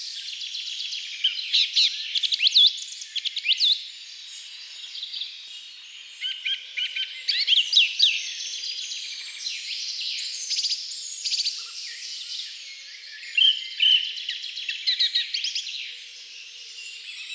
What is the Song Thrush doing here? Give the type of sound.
song